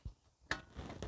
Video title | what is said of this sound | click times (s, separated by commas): Easy Maintenance: Craftsman M250 Mower- Honda GCV160 Engine | press down to hear that positive click | 0.5 s